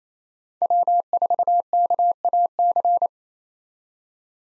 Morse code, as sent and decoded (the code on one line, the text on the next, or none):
.-- ....- -.- .- -.-.
W4KAC